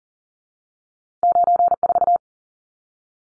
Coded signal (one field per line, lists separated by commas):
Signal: Morse code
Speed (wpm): 40 wpm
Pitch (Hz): 700 Hz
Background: none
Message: 94